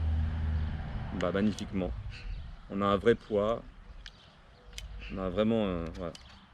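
Someone talks while handling a chrome metal Dan Wesson 8-inch CO2 replica revolver that fires 4.5 mm BBs, moving its cylinder back toward the frame. A few faint handling ticks come at about 4.1 s and 4.7–4.8 s. The clip ends before the cylinder goes home, so nothing has seated or clicked yet.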